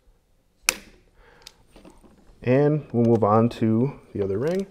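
A preset Borka Tools PTL precision torque limiter tightens the second scope ring screw. It gives a loud, sharp click at 0.7 s, showing that the set torque has been reached. A couple of faint ticks follow, and then someone talks.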